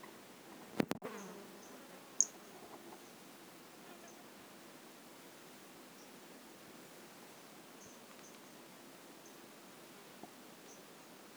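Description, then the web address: White-lined pumpkin toadlet giving short high chirps, a few faint ones spread out after a clear note, following a brief clatter of knocks at the start. Recorded in 2018. "2018 Brachycephalus albolineatus"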